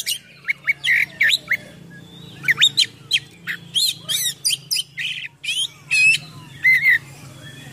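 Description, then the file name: Oriental magpie-robin song: harsh squawking notes mixed with fluttering whistles and scratchy bursts in an uneven, energetic sequence, with a steady low hum behind. Full song with rich imitations, called gacor full isian in Indonesian, described as mewah (luxurious). "KACER GACOR FULL ISIAN MEWAH"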